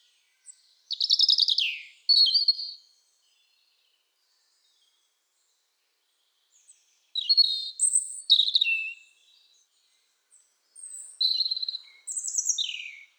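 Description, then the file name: European robin song in separate bursts: a tinkling warbled phrase, a pause of several seconds, then two more varied high twittering phrases with thin whistles. "Erithacus rubecula"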